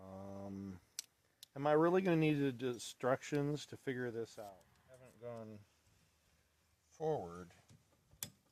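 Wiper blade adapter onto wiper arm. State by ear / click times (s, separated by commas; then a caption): partly seated / 8.2 s. Someone talks while pushing a plastic wiper blade adapter onto a metal wiper arm, and a sharp click is heard at 8.2 s. The adapter is only partly engaged: it clicked but is still not fully home.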